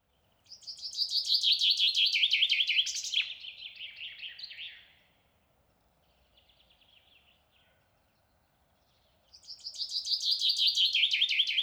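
Common chaffinch song: a loud descending trill ending in a flourish, a softer phrase after it, a faint twitter, then the song starting again.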